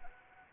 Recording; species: mosquito wingbeat signal from an infrared sensor; Anopheles arabiensis